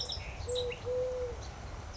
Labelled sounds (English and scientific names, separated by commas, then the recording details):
Eurasian Collared Dove (Streptopelia decaocto)
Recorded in Sonoma County, California